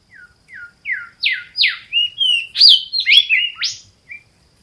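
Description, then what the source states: Golden Whistler call: a string of about a dozen clear whistled notes, several swooping downward, building in loudness before a single quiet final note. Recorded by Craig Robertson on Norfolk Island, traditional land of the Pitcairn Islanders; call described as chee, chee, chee, chewit.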